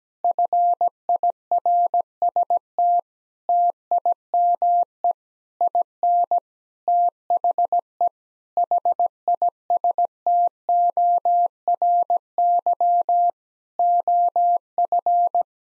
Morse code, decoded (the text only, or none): FIRST TIME IN THE HISTORY OF